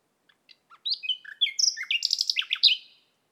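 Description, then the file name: Common nightingale singing a rich, varied phrase of whistles, chirps and quick trills, with bright high notes before fading; no other sounds. "Luscinia megarhynchos"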